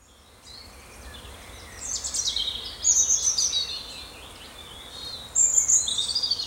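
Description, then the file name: Birdsong in high, quick twittering phrases with sharp chirps and a thin high whistle, delivered in bursts over a quiet background hiss. "Victoria Arlidge - Relaxing Birdsong"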